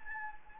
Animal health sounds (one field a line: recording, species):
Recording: mosquito wingbeat signal from an infrared sensor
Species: Anopheles gambiae